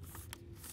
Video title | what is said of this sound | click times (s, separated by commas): HP DV6 CPU FAN Replacement Walkthrough— Take Apart & Disassembly for Overheating Laptiop | and then tipped it down in and started pressing on the edges and it'll click right in there for you | 0.3 s